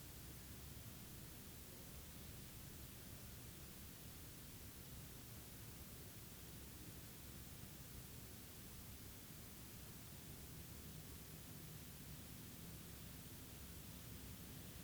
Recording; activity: daily activity, guitar pickup as the sensor; sit